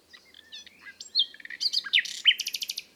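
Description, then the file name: Common nightingale delivering a varied song phrase: soft whistles and clicks build into loud slurred notes, finishing with a rapid, even series of repeated pulses. "Luscinia megarhynchos"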